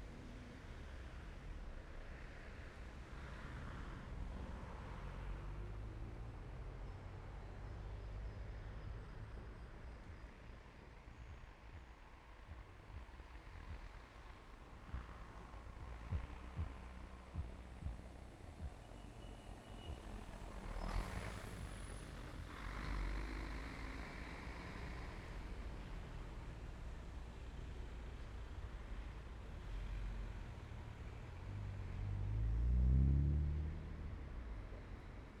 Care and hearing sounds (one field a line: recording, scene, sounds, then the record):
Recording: everyday scene through a hearing-aid microphone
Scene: in traffic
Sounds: traffic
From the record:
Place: main road on the outskirts, rush hour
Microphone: behind the ear, left, front